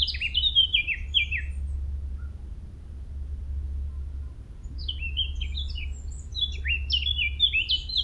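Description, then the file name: Eurasian blackcap song: two bursts of quick, varied warbling notes separated by a few seconds of quiet, over a low rumble. "Sylvia atricapilla"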